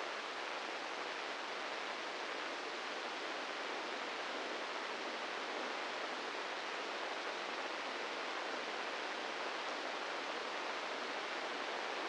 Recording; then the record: brain microelectrode recording played as sound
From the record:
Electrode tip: inside the subthalamic nucleus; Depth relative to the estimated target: -1 mm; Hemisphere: right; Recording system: NeuroSet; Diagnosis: Parkinson's disease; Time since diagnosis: 15 years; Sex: male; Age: 65 years